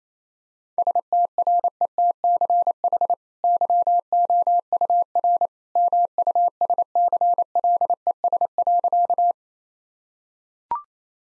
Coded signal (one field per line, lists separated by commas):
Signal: Morse code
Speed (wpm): 28 wpm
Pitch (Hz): 700 Hz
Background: none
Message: STRETCH YOUR MUSCLES.